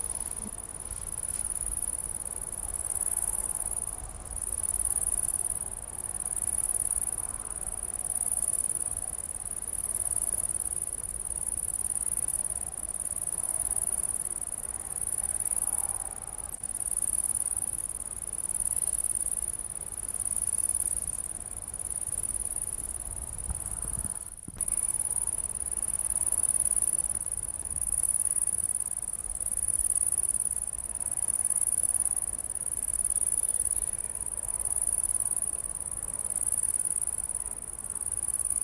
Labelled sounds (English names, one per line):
Great Green Bush-cricket stridulation